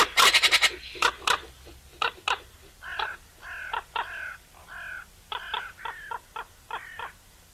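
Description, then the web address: Eurasian magpie opening with a quick harsh rattle, then a long run of separate rasping notes. "SETE Pica pica"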